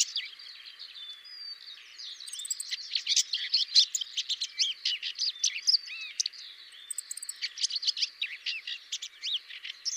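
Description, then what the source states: Common whitethroat delivering a fast, scratchy, harsh warble of buzzy notes and quick slurred squeaks, sustained throughout with only tiny gaps. Song variant 5.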